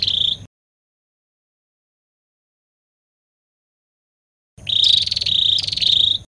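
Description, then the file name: Prinia song: a brief buzzy burst, then after a long silence a phrase of three rapid pulsed trills near one pitch, each a fraction of a second, with faint low hum beneath. "suara burung perenjak kamboja. omkicau"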